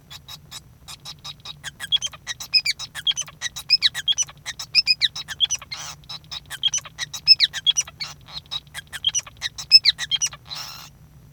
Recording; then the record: song of a male Bengalese finch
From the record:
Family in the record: son of father 5